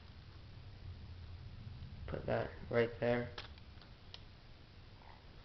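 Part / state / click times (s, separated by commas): trigger dog catch on a body-grip trap / seated / 4.1 s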